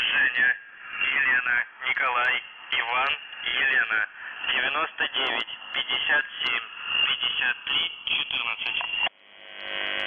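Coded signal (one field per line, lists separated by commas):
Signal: numbers station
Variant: UVB-76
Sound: a voice reading words over a narrow radio channel, then a steady buzzing tone begins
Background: radio static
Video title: The Buzzer/UVB-76(4625Khz) June 3, 2021 12:18UTC Voice message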